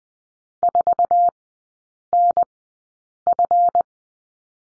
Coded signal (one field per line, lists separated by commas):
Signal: Morse code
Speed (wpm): 20 wpm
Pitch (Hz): 700 Hz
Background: none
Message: 4NF